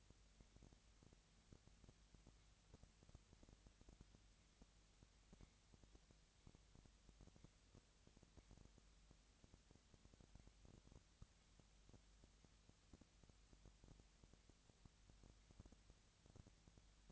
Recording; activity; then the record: daily activity, microphone in the room; no activity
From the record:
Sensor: 3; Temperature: 20.6 degrees Celsius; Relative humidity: 35.7%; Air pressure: 998.8 hPa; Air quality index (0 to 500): 236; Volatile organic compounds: 71 ppm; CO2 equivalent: 3526 ppm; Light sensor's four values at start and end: 2/3/2/2 and 2/3/2/2